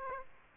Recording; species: mosquito wingbeat signal from an infrared sensor; Aedes aegypti